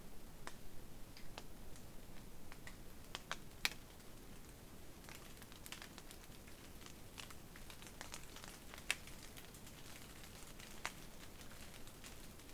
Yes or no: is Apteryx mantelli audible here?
no